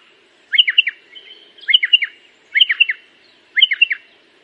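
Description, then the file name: Pardalote song: a crisp three- to four-note high chirped phrase, repeated four times about once a second against quiet background. "canto do pardalote"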